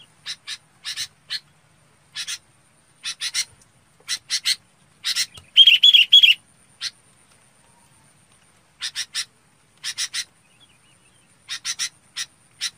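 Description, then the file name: Red-whiskered bulbul flock call: clusters of dry, scratchy chips, with a loud, buzzy whistled phrase in the middle, then quieter spaced chips. "Tieng chao mao bong goi bay"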